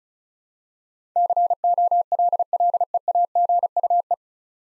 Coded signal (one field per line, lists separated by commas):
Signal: Morse code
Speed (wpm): 36 wpm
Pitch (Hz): 700 Hz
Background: none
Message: COLLEAGUE